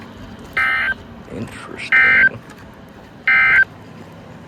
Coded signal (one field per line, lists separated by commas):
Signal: Emergency Alert System (SAME) tones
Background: speech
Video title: Bout a Week Of Stuff (EAS 328-354)